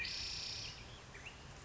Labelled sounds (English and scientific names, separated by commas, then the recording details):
Spotted Towhee (Pipilo maculatus)
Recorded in Sonoma County, California